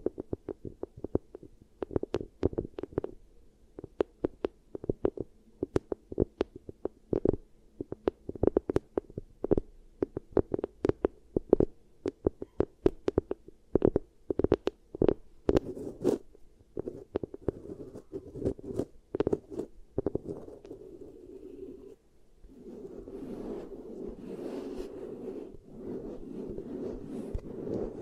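Beeswax pressed and worked against a microphone makes a fast run of sticky clicks and crackles, dense and irregular through the first twenty seconds. After a brief pause near twenty-two seconds, the sound turns into a steadier, softer squishing and rustling that continues to the end.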